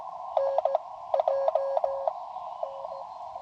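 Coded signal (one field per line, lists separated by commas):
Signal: Morse code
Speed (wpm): 16 wpm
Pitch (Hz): 550 Hz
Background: none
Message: NJ N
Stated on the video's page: CW Parks on the Air activation with an mcHF transceiver, which has an internal speaker and tuner.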